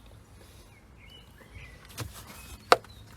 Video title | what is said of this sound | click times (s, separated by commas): Full SERVICE on Volkswagen Golf GT 2.0 Diesel 2007! (HOW TO) | there we go satisfying click and then | 2.7 s